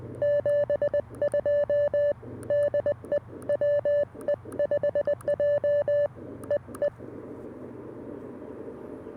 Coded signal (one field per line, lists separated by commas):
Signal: Morse code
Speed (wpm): 20 wpm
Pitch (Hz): 580 Hz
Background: none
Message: 72 DE WE5J EE